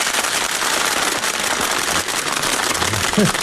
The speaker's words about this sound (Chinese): 那大伙儿很长时间没看见耍狗熊是什么样的了吧？我明白您的掌声，那是期待着马戏表演尽快的开始啊！